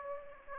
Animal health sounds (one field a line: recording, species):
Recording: mosquito wingbeat signal from an infrared sensor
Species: Aedes aegypti